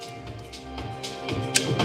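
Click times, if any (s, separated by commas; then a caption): 1.6 s. A torque wrench is slowly turned on an 8mm bolt on a BMW N54 engine during a turbo upgrade, with music playing in the background. The wrench gives a sharp click at about 1.6 s, confirming the bolt has reached its set torque.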